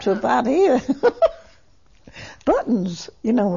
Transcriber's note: she points above ankles and laughs